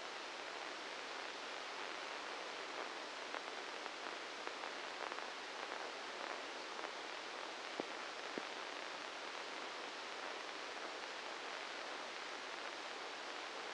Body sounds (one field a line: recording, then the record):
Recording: brain microelectrode recording played as sound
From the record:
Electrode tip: inside the subthalamic nucleus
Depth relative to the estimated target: -3 mm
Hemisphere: left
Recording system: NeuroSet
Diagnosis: Parkinson's disease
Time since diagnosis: 7 years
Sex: male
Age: 44 years